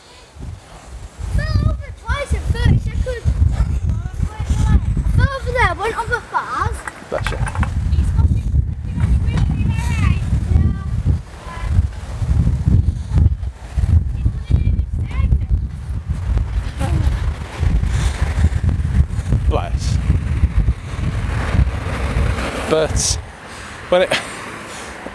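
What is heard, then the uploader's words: On a damp morning walk to school, voices chatter, rising and falling in lively bursts through most of the clip. A heavy low rumble of wind and passing traffic runs underneath throughout, dipping briefly around six seconds and easing off at the end. Walk to school on a damp and dismal morning.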